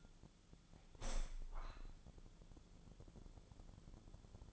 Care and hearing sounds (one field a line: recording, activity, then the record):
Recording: daily activity, microphone in the room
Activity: open window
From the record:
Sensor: 5